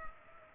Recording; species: mosquito wingbeat signal from an infrared sensor; Culex pipiens